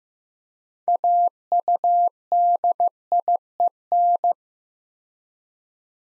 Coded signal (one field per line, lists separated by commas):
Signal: Morse code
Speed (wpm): 15 wpm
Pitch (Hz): 700 Hz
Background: none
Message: AUDIEN